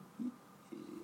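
Two soft, low gurgling grumbles in quiet room tone: an adult's ordinary stomach rumbling (borborygmi), a normal digestive sound, close to the microphone, not flatulence.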